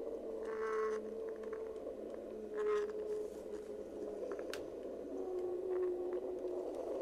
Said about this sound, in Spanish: bueno, pues este es el canto de la ballena y bueno, son sonidos además relajantes, ¿verdad? Que puedes escuchar.